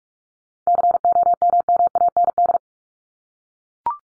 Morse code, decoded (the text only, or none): COMMAND